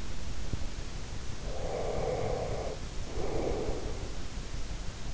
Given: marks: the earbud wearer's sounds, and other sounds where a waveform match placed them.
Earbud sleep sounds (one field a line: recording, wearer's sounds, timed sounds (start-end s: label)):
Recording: sounds in sleep by an in-ear microphone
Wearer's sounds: breath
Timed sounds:
1.54-4.73 s: breath